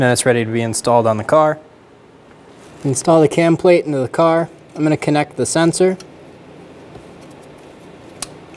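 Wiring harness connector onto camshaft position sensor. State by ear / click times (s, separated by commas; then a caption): seated / 8.2 s. A plastic wiring harness connector is pushed onto the camshaft position sensor on a 2003-2008 Honda Pilot after the cam plate is installed into the car. Someone talks, then after a quiet stretch a sharp click is heard at 8.2 s as the connector seats, followed by a faint tick at 8.5 s.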